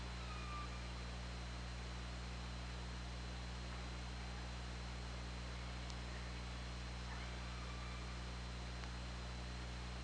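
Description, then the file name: Orca calls, two faint harmonic tonal calls with a falling then level contour, one early and one near eight seconds, over steady low hum and underwater hiss. Hydrophone recording made underwater on 24 August 2017 at about 20:50. "Orca Lab"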